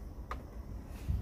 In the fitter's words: creo que ahí está, enganchado.